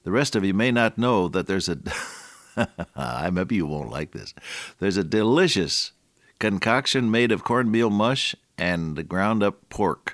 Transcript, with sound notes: The rest of you may not know that there’s a… [chuckle] maybe you won’t like this. There’s a delicious concoction made of corn meal mush and ground up pork.